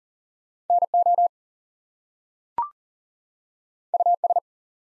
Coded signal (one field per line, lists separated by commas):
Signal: Morse code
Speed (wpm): 39 wpm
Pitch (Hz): 700 Hz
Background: none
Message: NO US